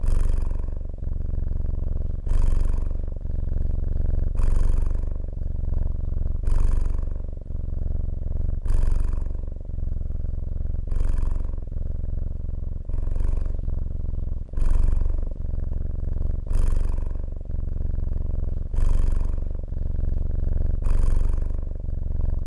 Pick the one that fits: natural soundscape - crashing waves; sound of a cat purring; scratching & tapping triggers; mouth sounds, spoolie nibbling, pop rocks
sound of a cat purring